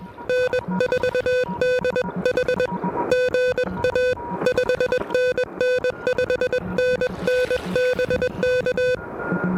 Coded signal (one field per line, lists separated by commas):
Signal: Morse code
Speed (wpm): 21 wpm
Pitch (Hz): 500 Hz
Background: music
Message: N4DH GA 5NN 5NN BK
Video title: POTA ATNO: Pedestrian Mobile QRP from One of My Favorite Places on Planet Earth!